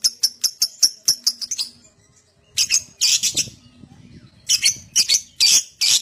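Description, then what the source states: Lovebird chattering song: a fast run of sharp high chirps, a short pause, then bursts of dense, raspy screeching notes. Adult lovebird in full, vigorous song (gacor), song style described as "owor owor".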